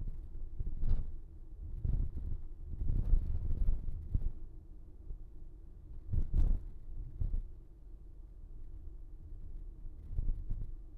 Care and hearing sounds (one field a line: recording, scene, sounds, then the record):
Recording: everyday scene through a hearing-aid microphone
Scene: in a vehicle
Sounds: engine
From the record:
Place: VW T5 Caravelle, diesel engine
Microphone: behind the ear, right, rear